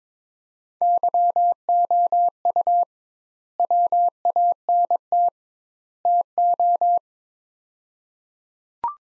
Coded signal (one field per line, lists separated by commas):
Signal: Morse code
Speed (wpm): 22 wpm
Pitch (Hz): 700 Hz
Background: none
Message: YOU WANT TO